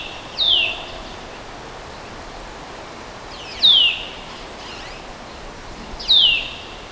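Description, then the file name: Eurasian nuthatch call, a short high downslurred note given three times a few seconds apart, over steady background hiss. "Sitta europaea"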